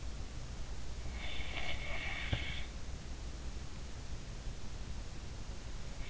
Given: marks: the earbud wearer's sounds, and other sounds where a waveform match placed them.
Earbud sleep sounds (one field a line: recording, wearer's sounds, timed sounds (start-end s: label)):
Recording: sounds in sleep by an in-ear microphone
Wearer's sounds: snoring breath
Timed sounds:
1.09-2.60 s: snoring breath